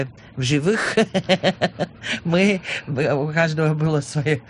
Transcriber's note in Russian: смеется